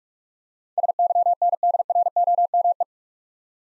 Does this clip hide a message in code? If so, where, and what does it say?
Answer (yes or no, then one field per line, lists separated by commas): yes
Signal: Morse code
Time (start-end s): 0.8-2.8 s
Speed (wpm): 44 wpm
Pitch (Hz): 700 Hz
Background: none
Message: SYNDROME